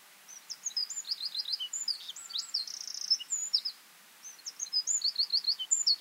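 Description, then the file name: Eurasian wren song: two energetic bursts of high, rapid twitters and trills separated by a short pause of about half a second. "Troglodytes troglodytes"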